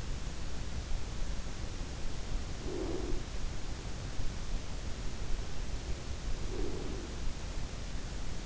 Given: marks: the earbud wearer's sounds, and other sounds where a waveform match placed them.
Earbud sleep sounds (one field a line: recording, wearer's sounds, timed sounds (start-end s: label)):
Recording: sounds in sleep by an in-ear microphone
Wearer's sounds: breath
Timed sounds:
2.44-3.34 s: breath
6.35-7.32 s: breath